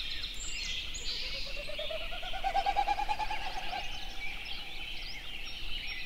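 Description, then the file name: Snipe making one rapid pulsed hooting series that climbs and fades, with many small birds chirping and trilling above. "080621-0433 snipes"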